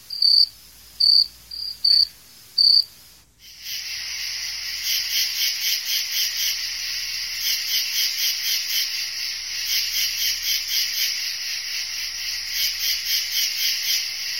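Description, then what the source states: Cricket chirps: a few separate high chirps at first, then a dense, continuous high pulsing trill that throbs in regular waves to the end. Several crickets.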